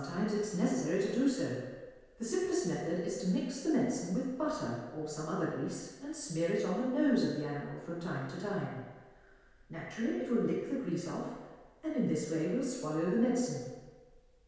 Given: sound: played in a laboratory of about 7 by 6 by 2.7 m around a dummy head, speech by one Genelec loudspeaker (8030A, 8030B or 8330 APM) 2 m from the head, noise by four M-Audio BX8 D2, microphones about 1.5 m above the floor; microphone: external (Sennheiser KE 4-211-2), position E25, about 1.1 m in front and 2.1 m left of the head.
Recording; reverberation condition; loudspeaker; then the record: female speech in English; high; behind (180 degrees)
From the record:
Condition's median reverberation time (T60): about 1300 ms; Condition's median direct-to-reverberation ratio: about -4.0 dB